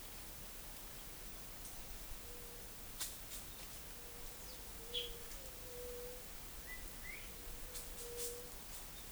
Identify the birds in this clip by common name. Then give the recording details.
White-tipped Dove. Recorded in forest near Pivijay, Magdalena, Colombia, on 6 June 2023 at 12:30. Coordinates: 10.467, -74.380. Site Z5-G034